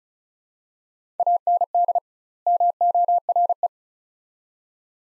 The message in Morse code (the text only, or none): AND MORE